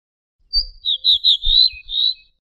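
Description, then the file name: Ortolan bunting song of several clear, ringing notes with a brief dip to a lower tone before a final higher note, accompanied by soft low thumps. "suara kicauan ortolan"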